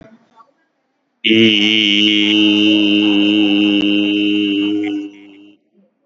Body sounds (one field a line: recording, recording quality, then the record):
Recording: sustained vowel as in beet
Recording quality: moderate, slight background noise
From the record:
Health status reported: COVID-19 positive, mild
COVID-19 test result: positive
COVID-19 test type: RT-PCR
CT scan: taken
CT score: 18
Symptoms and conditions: cold, muscle pain, hypertension, ischaemic heart disease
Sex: male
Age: 55 years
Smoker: no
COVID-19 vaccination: both doses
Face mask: not worn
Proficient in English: yes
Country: India